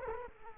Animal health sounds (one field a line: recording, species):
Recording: mosquito wingbeat signal from an infrared sensor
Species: Culex quinquefasciatus